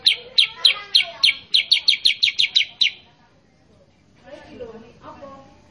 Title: Masteran Kutilang Sutra. MASTERAN BURUNG KUTILANG SUTRA BIKIN KUTILANG SUTRA BAHAN LANGSUNG RESPON BUNYI GACOR